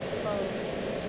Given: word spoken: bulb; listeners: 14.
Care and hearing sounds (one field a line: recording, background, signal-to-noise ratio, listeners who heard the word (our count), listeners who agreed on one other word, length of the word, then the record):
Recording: one English word in noise, from a listening test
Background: speech-shaped noise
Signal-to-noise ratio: -4.3 dB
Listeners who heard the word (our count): 0 of 14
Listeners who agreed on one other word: 6 of 14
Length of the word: 0.69 s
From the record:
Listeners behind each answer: 6, 4, 1, 1, 1, 1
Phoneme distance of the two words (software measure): 17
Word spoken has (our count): 1 syllable, 4 phonemes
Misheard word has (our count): 1 syllable, 3 phonemes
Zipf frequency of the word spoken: 3.68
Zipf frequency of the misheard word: 4.69